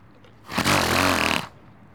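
A single loud, roughly one-second snorting blast with a rasping, voiced quality. It rises sharply and cuts off abruptly against a quiet background. This is a donkey sneeze.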